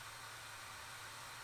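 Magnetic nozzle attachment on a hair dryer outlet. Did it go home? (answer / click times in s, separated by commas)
no / none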